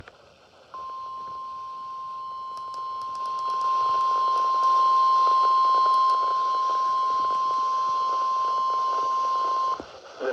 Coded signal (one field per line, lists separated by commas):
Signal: Emergency Alert System (SAME) tones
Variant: 1050 Hz attention tone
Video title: Severe thunderstorm warning (EAS #126) (Radio: midland ER310) 3-24-21 at 9:41PM